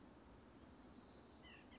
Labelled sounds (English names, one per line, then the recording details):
White-breasted Nuthatch
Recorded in Sonoma County, California